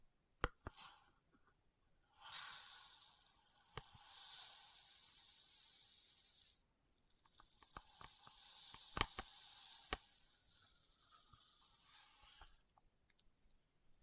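Experimental triggers in test tubes: bright, fizzing hisses swell in and out in two long stretches, from about 2 to 6.5 seconds and again from 7 to 12.5. Sharp clicks and taps land scattered throughout, with near silence at the start, briefly mid-way, and at the end.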